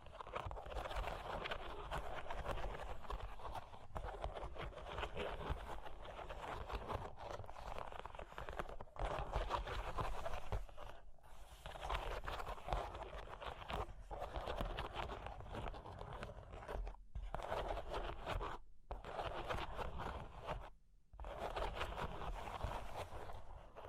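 Continuous scratching and tracing on cork and wood, a dense, rough rasp that runs almost without pause for the whole stretch. The strokes come quickly and unevenly, with a few brief silent breaks near 11, 17, 19 and 21 seconds.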